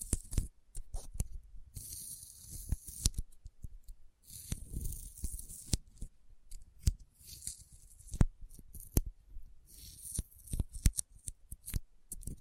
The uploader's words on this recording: ASMR Intense Sticky Finger Sounds (No Talking).